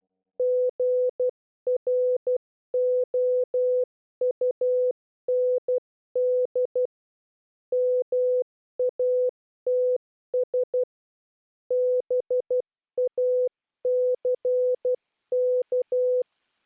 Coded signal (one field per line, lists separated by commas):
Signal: Morse code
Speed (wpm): 12 wpm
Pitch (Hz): 500 Hz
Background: none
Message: GROUND MATS BACK